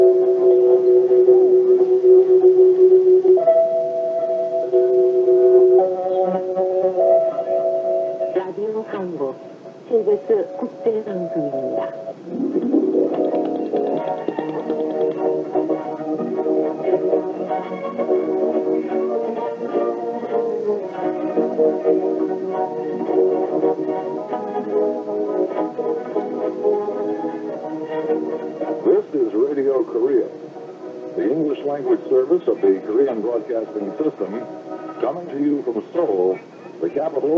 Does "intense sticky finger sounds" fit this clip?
no